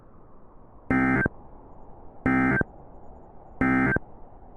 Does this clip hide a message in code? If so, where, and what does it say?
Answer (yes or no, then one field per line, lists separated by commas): no